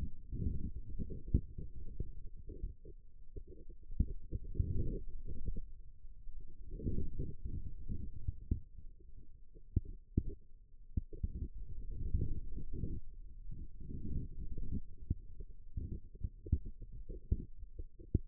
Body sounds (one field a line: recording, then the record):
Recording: forearm muscle sounds (acoustic myography)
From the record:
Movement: radial deviation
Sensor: system 2, bracelet of six BSWA MPA416 microphones around the upper forearm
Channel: 4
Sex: male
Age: 22 years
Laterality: right